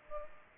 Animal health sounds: mosquito wingbeat signal from an infrared sensor; Culex pipiens

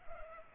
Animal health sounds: mosquito wingbeat signal from an infrared sensor; Culex pipiens

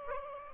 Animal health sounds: mosquito wingbeat signal from an infrared sensor; Aedes aegypti

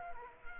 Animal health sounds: mosquito wingbeat signal from an infrared sensor; Culex quinquefasciatus

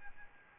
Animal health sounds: mosquito wingbeat signal from an infrared sensor; Aedes albopictus

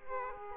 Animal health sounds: mosquito wingbeat signal from an infrared sensor; Aedes aegypti

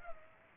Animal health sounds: mosquito wingbeat signal from an infrared sensor; Aedes aegypti

